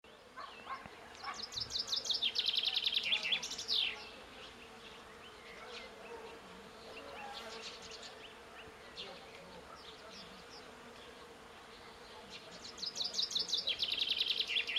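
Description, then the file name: Common chaffinch song: two bright, rapid trilled phrases about eleven seconds apart, the second cut off at the end, with faint scattered bird notes in between. "Fringilla coelebs"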